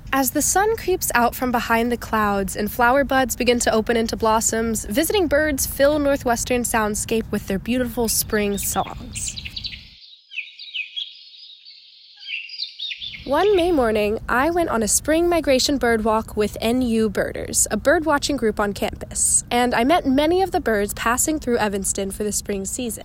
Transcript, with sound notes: As the sun creeps out from behind the clouds, and flower buds begin to open into blossoms, visiting birds fill Northwestern’s soundscape with their beautiful Spring songs. [sound effect: birds chirping] One May morning, I went on a Spring Migration Bird Walk with NU Birders, a bird-watching group on campus, and met many of the birds passing through Evanston for the Spring season.